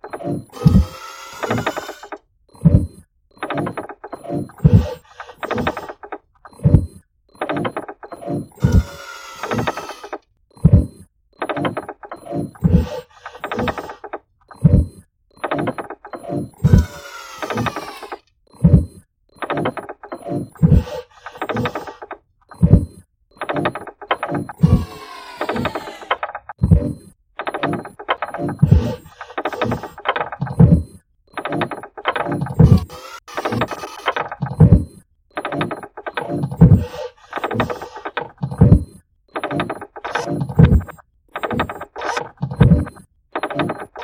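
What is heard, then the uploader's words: A piece of furniture rattles inside a moving boat, knocking in dense, uneven bursts of sharp clatter throughout, with occasional brighter scraping jolts. I recorded all this with my phone's voice recorder placed inside a rattling piece of furniture inside a moving boat.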